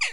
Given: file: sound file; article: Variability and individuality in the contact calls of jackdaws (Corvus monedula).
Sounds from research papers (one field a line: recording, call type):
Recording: jackdaw call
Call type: harmonic